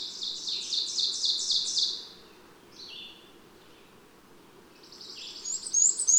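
Bird song: high buzzy trills that step down in pitch, a short pause, then a lower trill and sharp high notes, over a steady low background hum.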